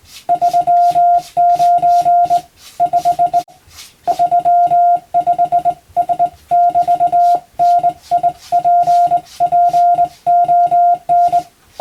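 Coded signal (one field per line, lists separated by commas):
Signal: Morse code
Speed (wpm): 20 wpm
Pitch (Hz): 700 Hz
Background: none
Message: 39 5 35 S<BT>NIPPON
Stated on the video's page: Hand-keyed Morse practice for the Japanese radiotelegraph operator exam, sending plain-language telegram practice text, also suitable for amateur receiving practice.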